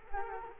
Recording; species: mosquito wingbeat signal from an infrared sensor; Culex quinquefasciatus